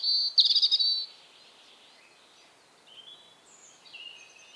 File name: Erithacus rubecula 240917